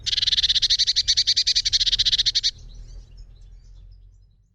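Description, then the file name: Eurasian blue tit giving a buzzy, rapid churring call of fast repeated notes for about two and a half seconds, then stopping, with faint low background hum. "Cyanistes caeruleus"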